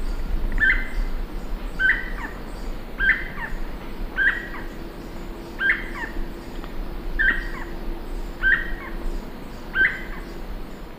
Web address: Natures Songs S America Eastern Lowlands Piaya melanogaster, call and song